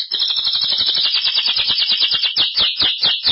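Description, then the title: Belgian canary song: a continuous run of fast trills and rapid repeated notes, high and bright, shifting rhythm and pitch through the phrase. "Canario Belga"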